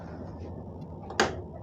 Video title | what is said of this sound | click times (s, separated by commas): Amritsar Howrah Mail -- Train Journey -- Punjab Mail -- 1st AC Journey | ये रहा lock हो गया। | 1.2 s